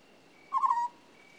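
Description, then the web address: African scops owl making one short, burry trill of a few rapid pulses, while a faint high whistle-like tone comes and goes in the background. "BBC Sound Effects Library. African Scops Owl"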